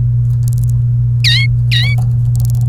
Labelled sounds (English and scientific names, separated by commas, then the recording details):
Domestic Canary (Serinus canaria) song
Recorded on 28 April 2018 at 12:39
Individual llb3